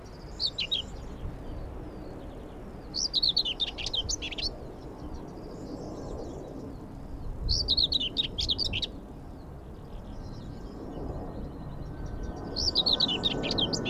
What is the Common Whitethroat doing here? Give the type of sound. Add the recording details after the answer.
song. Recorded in the wild. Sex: male. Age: adult. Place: Falkenberger Rieselfelder, Barnim, Berlin, DE. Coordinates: 52.5803, 13.5522. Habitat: field. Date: 2005-05-20. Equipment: Edirol R-4, Sennheiser MKH 70, Windschutz. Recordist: Frommolt, Karl-Heinz